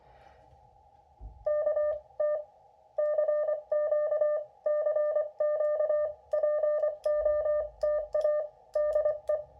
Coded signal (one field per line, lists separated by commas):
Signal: Morse code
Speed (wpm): 24 wpm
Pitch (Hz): 600 Hz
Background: none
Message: K TCQ CQ POTA DE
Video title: Key Comparison: BaMaTech TP III vs. N0SA SP-X